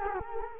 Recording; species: mosquito wingbeat signal from an infrared sensor; Culex quinquefasciatus